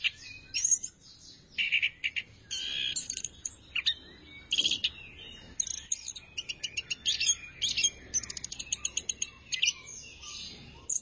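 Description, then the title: Thrush song of varied whistles and chirps, later rapid ticking trills, over a noticeable background hiss. "burung anis x"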